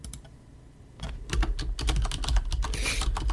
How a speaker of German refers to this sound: Hast du eine Schreibmaschine da, oder? Ja. Bitte schön. Mechanische Tastatur, beste.